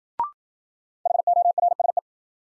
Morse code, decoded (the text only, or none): HORSE